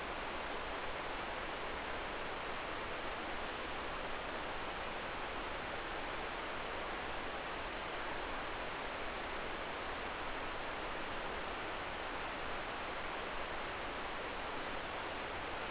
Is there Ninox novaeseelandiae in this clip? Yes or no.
no